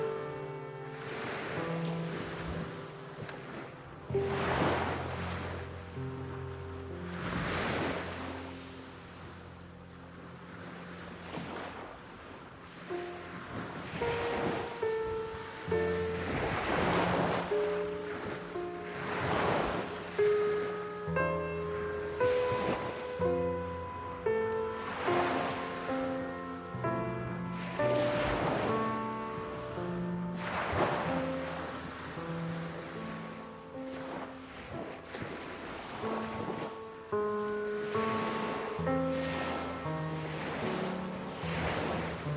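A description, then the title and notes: Gentle sustained music with steady low tones plays over rolling ocean waves, bright surges washing in every few seconds. The soothing sound of ocean waves accompanied by gentle music.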